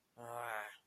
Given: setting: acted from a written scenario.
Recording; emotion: vocal sound without words; anger